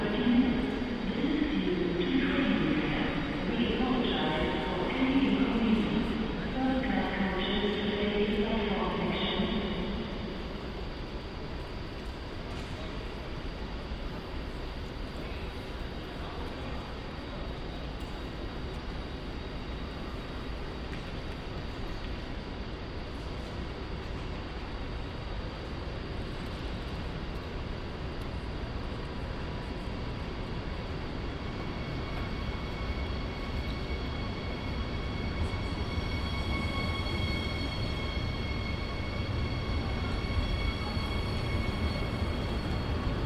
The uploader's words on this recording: Cologne Central Station | Train station sounds. Recorded on Cologne Central Station. Sound of trains, people and station announcements.